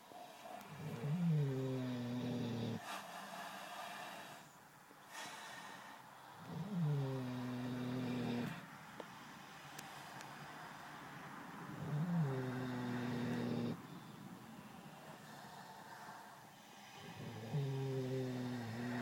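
Four deep, rumbling snores with a low grunting tone recur about every five seconds, roughly 11 a minute, with quieter breathing between them. Six young sows are fast asleep and snoring together, snuggled up in their big ark, a hut outside, which is ordinary for resting pigs. Soft rustling fills the background.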